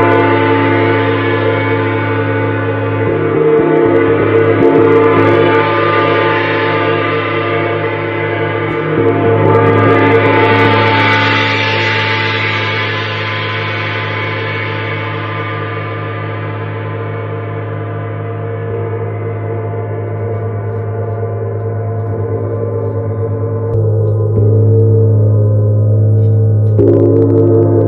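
A Neptune gong rings on in a long, steady wash, its deep low tones holding throughout while brighter shimmering overtones swell and fade. The sound builds toward the middle and eases off afterward, with a few softer strokes or rubs renewing it near the end.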